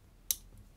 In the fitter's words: think you've popped it but you haven't